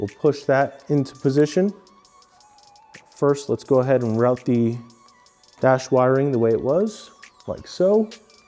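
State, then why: Not seated. Someone talks while routing the dash wiring back on a 2025+ Yamaha MT-03 during a TST LED front pod turn signal install, with a couple of faint, brief handling sounds in a pause around 2.0 to 3.0 seconds. The front cowl and dash panel, whose locking tabs clip into the motorcycle's front fairing, is being handled but has not been pressed home. Nothing has seated or clicked yet.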